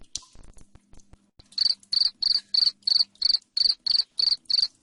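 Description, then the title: Cricket chirping: after a quiet opening second and a half, a steady run of shrill, evenly paced chirps. Loud cricket chirping ('jangkrik ngerik keras'), played to make lovebirds keep calling 'ngekek'. "Suara JANGKRIK NGERIK Keras Bikin LOVEBIRD Jadi NGEKEK Terus Vubey"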